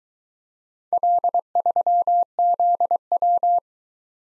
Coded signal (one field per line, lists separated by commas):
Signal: Morse code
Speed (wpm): 21 wpm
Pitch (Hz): 700 Hz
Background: none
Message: L3ZW